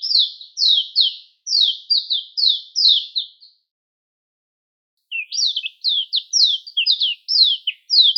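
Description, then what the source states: Mayotte white-eye singing quick, high downward-sliding notes, a run of them, a pause of over a second, then a livelier twittering run. Recorded on Mayotte; local name shilaputu.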